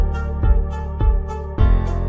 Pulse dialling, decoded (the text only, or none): none